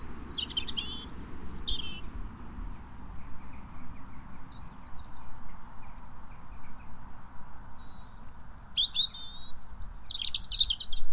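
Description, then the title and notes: European robin singing varied high, thin whistled phrases, some sliding and some trilled, spaced by short pauses, with a constant low background hum throughout. Male European robin singing in full voice on a cold January morning, proclaiming his territory. "ROBIN SONG. A European robin (Erithacus rubecula) in full voice. Despite this sound clip being recorded on a cold January morning, it doesn't stop this feisty songbird proclaiming his territory"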